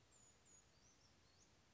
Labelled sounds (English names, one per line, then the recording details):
Brown Creeper
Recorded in Sonoma County, California